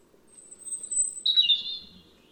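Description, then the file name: European robin-type song: a long, faint, very high thin note followed by a short, bright, descending warble. "Erithacus rubecula"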